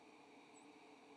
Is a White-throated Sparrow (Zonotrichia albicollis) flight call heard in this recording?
no